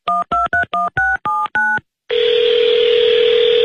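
Seven quick, evenly spaced touch-tone beeps as a number is dialed to phone a friend, then a brief pause and a loud, steady, unbroken ringing tone that holds to the end.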